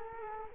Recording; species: mosquito wingbeat signal from an infrared sensor; Culex quinquefasciatus